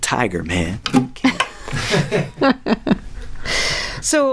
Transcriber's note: laughter